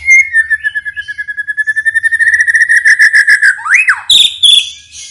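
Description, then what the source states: White-rumped shama song opening with a long steady whistled trill that quickens, then swooping slurred whistles and harsh scratchy notes. Lure recording of a white-rumped shama in full song, said to make birds respond immediately on hearing it.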